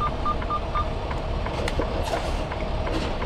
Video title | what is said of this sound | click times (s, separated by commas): Sliding Trailer Tandems - Schneider IC - Day in the Life of a Solo OTR Trucker | we go you hear that click | 1.7 s